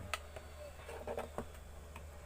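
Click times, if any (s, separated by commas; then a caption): none. Plastic clips of the LCD and flex cable assembly being handled while it is fitted into the housing of a Samsung E1272 phone. A few small, sharp taps and light rustling sound over a low steady hum, with the loudest tap at 0.1 s and another at 1.4 s. Nothing has seated or clicked yet.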